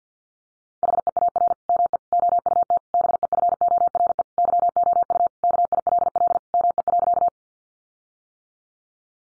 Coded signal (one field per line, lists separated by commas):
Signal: Morse code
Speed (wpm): 50 wpm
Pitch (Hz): 700 Hz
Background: none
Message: HEAR ME OUT BEFORE YOU KILL ME.